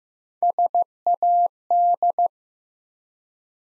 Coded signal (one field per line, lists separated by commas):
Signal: Morse code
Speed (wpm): 15 wpm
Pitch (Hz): 700 Hz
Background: none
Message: SAD